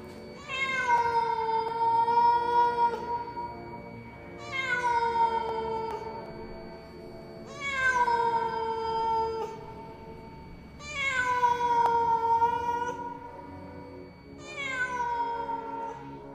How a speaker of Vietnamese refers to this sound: Từ đâu đây vọng lên một tiếng mèo kêu, nghe thảm thiết trong đêm tối.